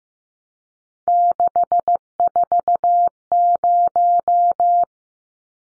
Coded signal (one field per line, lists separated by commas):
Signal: Morse code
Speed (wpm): 15 wpm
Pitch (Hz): 700 Hz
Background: none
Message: 640